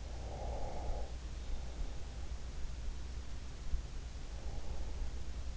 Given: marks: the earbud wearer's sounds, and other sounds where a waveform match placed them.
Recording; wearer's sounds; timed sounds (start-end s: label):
sounds in sleep by an in-ear microphone; breath
0.12-2.02 s: breath
4.22-5.26 s: breath